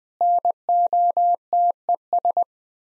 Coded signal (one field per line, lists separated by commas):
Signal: Morse code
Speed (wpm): 20 wpm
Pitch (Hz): 700 Hz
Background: none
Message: NOTES